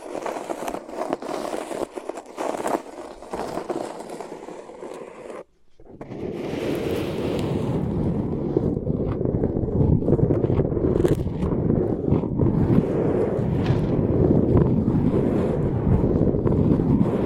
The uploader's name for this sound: Sensitive Tingles with Mics Under Tape